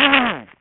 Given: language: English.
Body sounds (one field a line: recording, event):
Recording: throat vibration sensor signal played as sound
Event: throat clearing